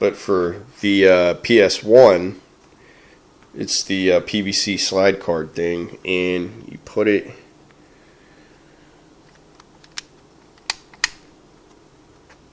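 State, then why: Seated. A PVC plastic slide card is placed in the lid sensor area of a PS1 (PlayStation) console and pressed down until it depresses the switch button underneath. Someone talks for the first seven seconds, then after a quiet pause a few faint ticks lead into sharp clicks at 10.7 s and 11.0 s as the switch is pressed. The card is seated on the lid switch.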